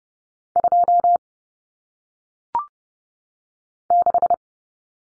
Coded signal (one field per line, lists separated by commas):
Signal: Morse code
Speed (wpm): 30 wpm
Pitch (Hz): 700 Hz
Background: none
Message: 2 6